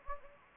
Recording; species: mosquito wingbeat signal from an infrared sensor; Anopheles gambiae